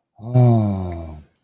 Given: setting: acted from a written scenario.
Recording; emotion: vocal sound without words; romantic love